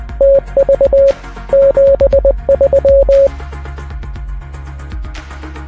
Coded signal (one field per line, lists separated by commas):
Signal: Morse code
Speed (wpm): 20 wpm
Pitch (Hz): 550 Hz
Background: music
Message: TV 73